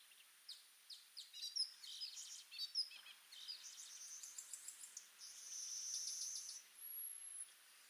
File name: Orange weaver